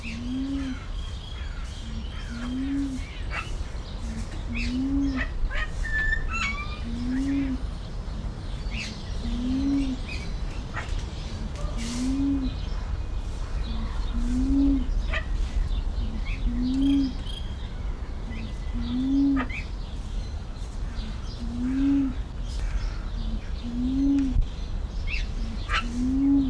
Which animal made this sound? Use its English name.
Golden Myna